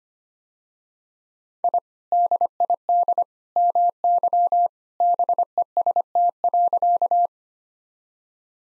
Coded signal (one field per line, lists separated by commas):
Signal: Morse code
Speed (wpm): 25 wpm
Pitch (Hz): 700 Hz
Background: none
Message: I DID MY BEST.